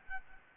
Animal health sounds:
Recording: mosquito wingbeat signal from an infrared sensor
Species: Aedes albopictus

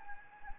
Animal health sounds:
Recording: mosquito wingbeat signal from an infrared sensor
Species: Anopheles gambiae

